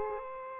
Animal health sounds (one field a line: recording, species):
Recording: mosquito wingbeat signal from an infrared sensor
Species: Aedes aegypti